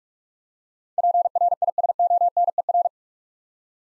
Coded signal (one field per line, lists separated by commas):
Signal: Morse code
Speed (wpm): 46 wpm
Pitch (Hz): 700 Hz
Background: none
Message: PRISONER